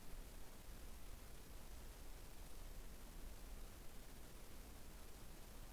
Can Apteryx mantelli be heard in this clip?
no